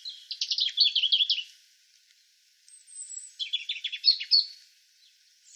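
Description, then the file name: European robin song, two phrases of fast repeated high notes separated by a short pause, each trilled and slightly wavering. "Erithacus rubecula"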